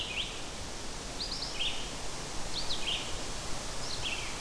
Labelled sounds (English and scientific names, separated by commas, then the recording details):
Red-eyed Vireo (Vireo olivaceus) song
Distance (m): 35 m
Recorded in boreal forest in Alberta, Canada, on 14 June 2016 at 07:22
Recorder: SongMeter 3, array SBT-3-33
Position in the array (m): 137 m, 124 m